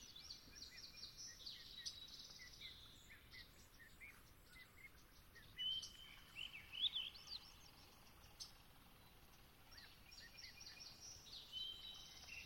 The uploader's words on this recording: Long Swamp, Dusk. The air was still as I sat down to record; the temperature a chill 60ºF/ 15.5ºC, and the moon was expected to be full. I could hear distinct non-song vocalization from Swainson’s Thrushes.